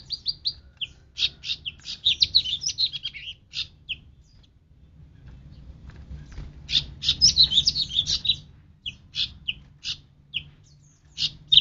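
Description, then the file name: Cucak rante song of lively high twittering, with dense chattering bursts broken by isolated chirps, over a steady low background drone. "cucak rante mas"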